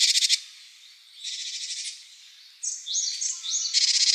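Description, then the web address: Great tit giving harsh, buzzy churring bursts, each a rapid rattle of pulses, with a few short chirps between the buzzes. "birdenaga Great Tit"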